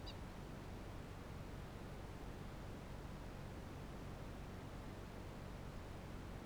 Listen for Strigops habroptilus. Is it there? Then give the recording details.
no. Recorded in New Zealand. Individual Barnard